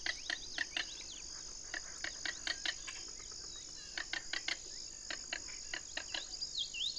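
King rail giving harsh clicking notes in several groups, over continuous insect buzzing.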